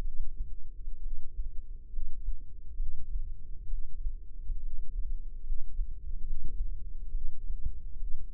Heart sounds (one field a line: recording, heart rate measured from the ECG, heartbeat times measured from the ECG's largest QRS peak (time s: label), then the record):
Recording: heart sounds by microphone in the left ear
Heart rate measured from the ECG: 68 bpm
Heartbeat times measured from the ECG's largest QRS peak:
0.01 s: heartbeat
1.00 s: heartbeat
1.89 s: heartbeat
2.76 s: heartbeat
3.67 s: heartbeat
4.59 s: heartbeat
5.42 s: heartbeat
6.24 s: heartbeat
7.11 s: heartbeat
7.96 s: heartbeat
From the record:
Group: healthy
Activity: rest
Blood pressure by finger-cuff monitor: 149/85 mmHg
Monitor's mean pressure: 106 mmHg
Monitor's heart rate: 67 bpm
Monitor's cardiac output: 6.6 L/min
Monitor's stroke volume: 98 mL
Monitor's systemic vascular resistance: 1210 dyn s/cm5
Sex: female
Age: 22 years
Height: 171 cm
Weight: 65.6 kg